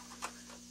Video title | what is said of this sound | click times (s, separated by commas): Stampin'UP! - Thinlits Boite à souvenirs arrondie | ça c'est enclenche tout seul | 0.2 s